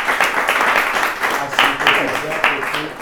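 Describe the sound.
Steady audience applause at an event in the Libreria Belgravia bookshop in Turin, given for an improvised artwork, fills the whole stretch: a dense crackle of many hands clapping at an even loudness, with a few voices murmuring faintly underneath.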